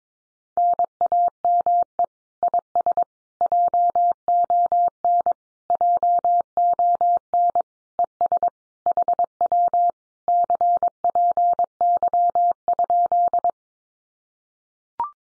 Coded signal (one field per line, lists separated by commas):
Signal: Morse code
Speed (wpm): 22 wpm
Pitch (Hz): 700 Hz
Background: none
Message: NAME IS JON JON ES HW CPY?